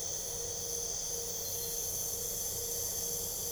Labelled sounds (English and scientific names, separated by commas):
none